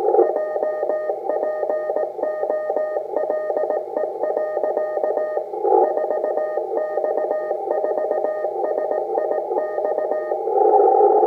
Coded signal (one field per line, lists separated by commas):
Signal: Morse code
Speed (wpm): 18 wpm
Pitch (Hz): 1850 Hz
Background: radio noise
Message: JPOLE. 4X4SIX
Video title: 4X4SIX BEACON 50mhz 20/8/2016 RCV WITH ICOM IC-7300